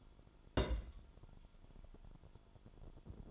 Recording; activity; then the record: daily activity, microphone in the room; place on stove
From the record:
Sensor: 5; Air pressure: 1008.2 hPa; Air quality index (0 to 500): 125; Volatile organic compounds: 1 ppm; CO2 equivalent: 958 ppm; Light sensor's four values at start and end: 30/63/28/29 and 31/66/28/29